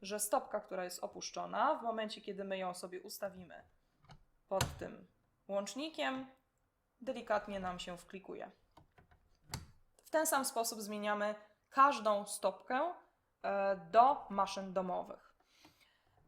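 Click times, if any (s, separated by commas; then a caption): 9.5 s. Someone talks while a snap-on presser foot is fitted into a sewing machine's foot holder: the presser foot lever is lowered, so the holder comes down onto the foot and its bar catches in the holder's connector. A sharp metal click at 9.5 s marks the foot seating in the holder, between softer ticks just before and after.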